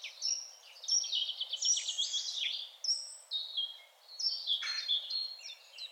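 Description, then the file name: Eurasian wren song in very high bursts: sharp whistled notes and quick rattling trills, with brief pauses between phrases. "Troglodytes troglodytes"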